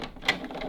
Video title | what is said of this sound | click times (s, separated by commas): Dyson Cool Tower Fan - How to Remove top section and base from your Dyson AM07 Fan | that is now locked into place so it's nice and easy to take on and off | 0.3 s